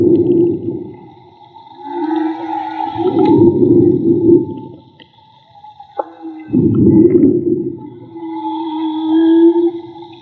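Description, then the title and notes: Whale song in three broad moaning phrases separated by quieter gaps, with a sharp click near the middle and faint high tones. Whale song recorded underwater with a handmade Magma hydrophone during marine soundscape field recording in the Gulf of Tribugá. "CANTO DE BALLENAS CON UN HIDROFONO MAGMA. Limpeza de sonido: Santiago Minotas. Construcción de Hidrofonos y grabación de Campo Jorge Barco. registro del canto de las ballenas. Radio Juntanza"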